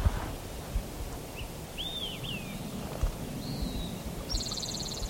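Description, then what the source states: Spotted Towhee song: a short high note, then a quick buzzy trill at the end, with other slurred whistles earlier, over low rumbling background noise. Second song of the day, View Road, Stanislaus National Forest, 5 May 2018.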